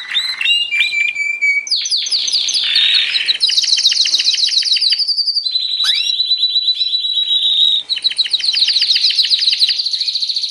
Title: mster Mnuk. Suara Kenari Gacor - Masteran Kenari Gacor Full Isian